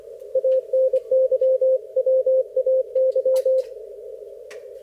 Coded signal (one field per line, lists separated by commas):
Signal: Morse code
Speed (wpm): 25 wpm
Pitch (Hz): 530 Hz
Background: radio noise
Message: ANYWAY